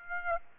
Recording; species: mosquito wingbeat signal from an infrared sensor; Aedes aegypti